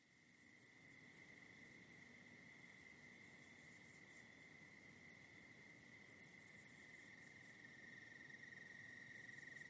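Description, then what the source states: Crickets trilling continuously at a high pitch, with bursts of sharper, higher chirps now and then over a quiet night hum. Soft night ambience of crickets in the Hollywood Hills.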